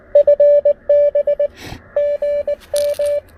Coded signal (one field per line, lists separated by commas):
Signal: Morse code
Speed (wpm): 20 wpm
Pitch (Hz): 580 Hz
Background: none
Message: FB GM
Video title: Coffee and Morse Code: A Relaxing QRP POTA Activation at Clemmons Educational State Forest